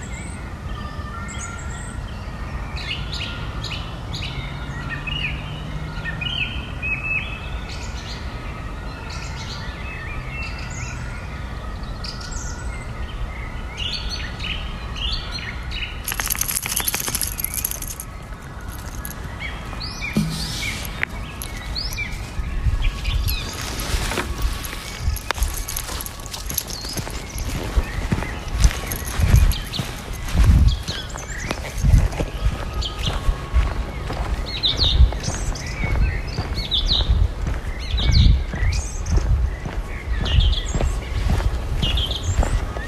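A walk in the woods with a dog, with birds chirping throughout in short, bright calls. The first half is fairly steady, with a low hum underneath. From about 24 seconds the sound turns busier, with frequent uneven thumps and rustles, like footsteps or movement.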